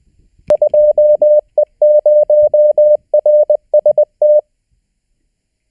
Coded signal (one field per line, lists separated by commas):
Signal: Morse code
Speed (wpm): 20 wpm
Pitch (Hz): 600 Hz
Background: none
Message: 2E0RST